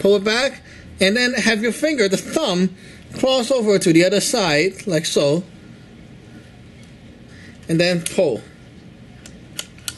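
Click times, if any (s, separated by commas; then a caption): 9.9 s. A man talks while pulling the metal cocking bolt of an Air Arms S410F Super Lite .22 calibre PCP air rifle fully back until it catches. Small mechanical clicks follow near the end, and the bolt seats in the cocked position with a solid click at 9.9 s.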